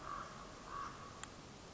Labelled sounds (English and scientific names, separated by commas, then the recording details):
Common Raven (Corvus corax)
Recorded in Sonoma County, California